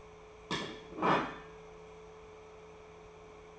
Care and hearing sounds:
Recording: daily activity, microphone in the room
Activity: place plate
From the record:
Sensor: 1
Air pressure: 1015.1 hPa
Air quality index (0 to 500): 199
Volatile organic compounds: 24 ppm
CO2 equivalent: 2816 ppm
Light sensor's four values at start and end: 15/37/15/17 and 17/43/18/21

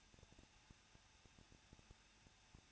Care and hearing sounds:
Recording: daily activity, microphone in the room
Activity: no activity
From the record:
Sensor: 2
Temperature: 21.0 degrees Celsius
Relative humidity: 37.6%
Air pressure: 1006.3 hPa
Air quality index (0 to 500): 224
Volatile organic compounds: 25 ppm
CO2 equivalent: 2846 ppm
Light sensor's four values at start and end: 2/3/2/2 and 2/3/2/2

